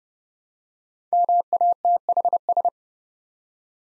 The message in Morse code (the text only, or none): MATHS